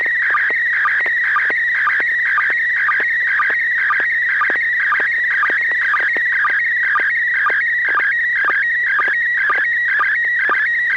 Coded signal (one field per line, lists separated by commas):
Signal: SSTV (slow-scan television)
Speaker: looks like some neighbor or Neil has a really really fancy uh Halloween set